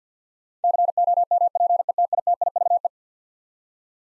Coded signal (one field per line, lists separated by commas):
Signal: Morse code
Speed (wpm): 50 wpm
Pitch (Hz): 700 Hz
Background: none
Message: COMPETITIVE